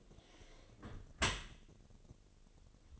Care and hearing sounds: daily activity, microphone in the room; close dishwasher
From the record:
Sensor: 4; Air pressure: 1007.5 hPa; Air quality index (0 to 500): 201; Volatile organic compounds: 7 ppm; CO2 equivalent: 2002 ppm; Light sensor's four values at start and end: 22/71/27/26 and 23/71/27/26

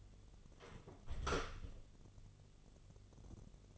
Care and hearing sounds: daily activity, microphone in the room; close door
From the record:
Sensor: 4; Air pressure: 1016.0 hPa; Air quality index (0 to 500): 209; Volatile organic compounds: 13 ppm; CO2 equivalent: 2384 ppm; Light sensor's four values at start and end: 9/20/8/7 and 9/20/8/7

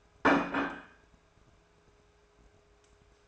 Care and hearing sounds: daily activity, microphone in the room; place plate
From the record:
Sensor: 2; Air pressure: 1014.9 hPa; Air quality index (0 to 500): 204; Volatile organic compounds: 20 ppm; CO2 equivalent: 2694 ppm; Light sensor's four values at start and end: 23/56/24/27 and 23/56/24/26

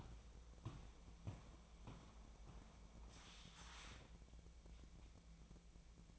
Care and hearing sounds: daily activity, microphone in the room; walk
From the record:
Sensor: 1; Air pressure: 1012.2 hPa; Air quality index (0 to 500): 180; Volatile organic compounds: 3 ppm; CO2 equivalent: 1474 ppm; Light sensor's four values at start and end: 49/133/54/68 and 45/123/50/61

